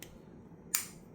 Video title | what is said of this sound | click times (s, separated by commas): MPA DS9 LOC 2011 Complete Disassembly: Overpriced 9mm Boutique Guns for USPSA/IPSC/Competition | There you go. You hear that click where that claw went in? | 0.8 s